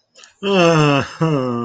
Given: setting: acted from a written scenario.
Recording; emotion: vocal sound without words; sadness